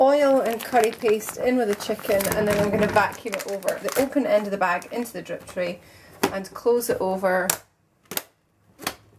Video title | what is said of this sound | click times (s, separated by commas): FoodSaver Review #ad | until it clicks both sides. | 8.2 s, 8.9 s